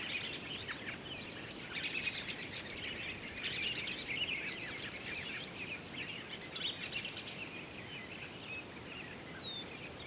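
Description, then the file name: Townsend's solitaire song: a dense, continuous jumble of high warbled notes running on without a break, partly blurred by steady hiss. Recorded on 23 October 2011. "20111023 townsends-solitaire"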